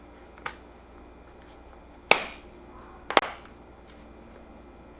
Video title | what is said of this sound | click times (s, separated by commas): O-Cedar EasyWring Microfiber Spin Mop Review & Demo | snap this directly on here push all three places until you hear the click | 0.5 s, 2.1 s, 3.2 s